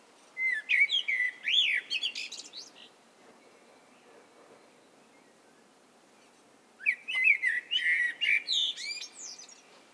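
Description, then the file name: Eurasian blackbird song, two warbled phrases about six seconds apart, each made of fluty whistles that break into thin, squeaky high notes. "Turdus merula"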